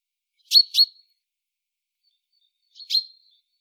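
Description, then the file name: Common chaffinch calls: a quick pair of sharp, bright chip notes, a pause of about two seconds, then a single similar note, with silent surroundings. "Fringilla coelebs"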